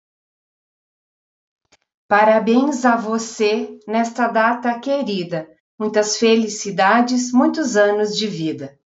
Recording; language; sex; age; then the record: short text; Brazilian Portuguese; female; 40 to 49 years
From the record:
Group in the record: control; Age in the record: 45 years